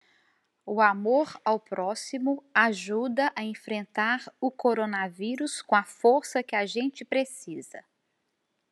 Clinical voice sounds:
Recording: spoken sentence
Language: Brazilian Portuguese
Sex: female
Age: 50 to 59 years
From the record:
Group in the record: control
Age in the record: 56 years

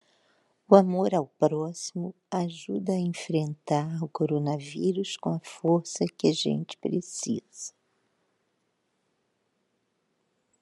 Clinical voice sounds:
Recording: spoken sentence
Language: Brazilian Portuguese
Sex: female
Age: 60 to 69 years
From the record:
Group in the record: control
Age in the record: 67 years

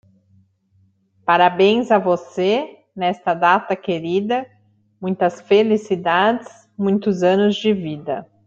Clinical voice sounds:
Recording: short text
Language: Brazilian Portuguese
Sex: female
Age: 40 to 49 years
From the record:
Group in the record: control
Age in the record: 43 years

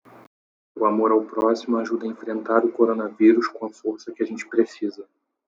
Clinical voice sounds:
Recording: spoken sentence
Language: Brazilian Portuguese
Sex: male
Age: 20 to 29 years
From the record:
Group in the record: control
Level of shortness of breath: 0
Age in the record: 29 years

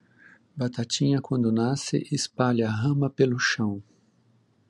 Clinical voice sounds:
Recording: short text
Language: Brazilian Portuguese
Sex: male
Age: 50 to 59 years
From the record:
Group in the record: control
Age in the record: 56 years

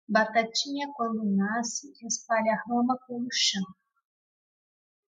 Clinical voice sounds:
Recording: short text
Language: Brazilian Portuguese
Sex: female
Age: 20 to 29 years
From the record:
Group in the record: control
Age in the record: 28 years

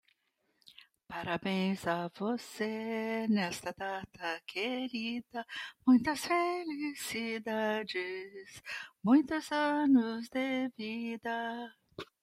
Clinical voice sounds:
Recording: short text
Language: Brazilian Portuguese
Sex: female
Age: 60 to 69 years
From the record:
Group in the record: control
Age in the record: 68 years

